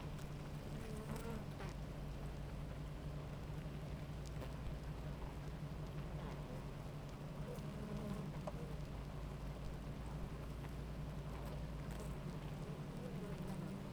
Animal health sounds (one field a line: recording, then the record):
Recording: honeybee colony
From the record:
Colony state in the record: active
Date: 28 July 2017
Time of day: 10:04